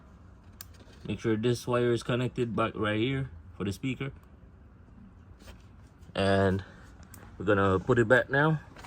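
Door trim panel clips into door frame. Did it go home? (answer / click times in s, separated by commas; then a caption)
no / none. Someone talks while handling the interior door trim panel of a Q50 3.0t after reconnecting the speaker wire, preparing to put the panel with its plastic retaining clips back onto the door frame. A couple of faint short ticks sound between the talking, but nothing has seated or clicked yet; the clips have not snapped home.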